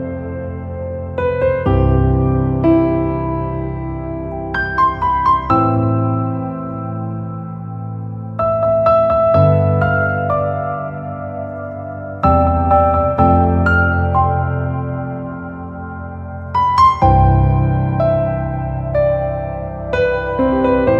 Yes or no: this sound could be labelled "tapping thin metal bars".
no